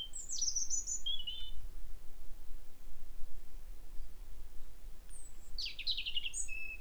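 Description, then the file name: European robin with a bright, high, trilling phrase at the start and another dense, sliding burst of thin notes near the end, quiet hum in between. "Erithacus rubecula"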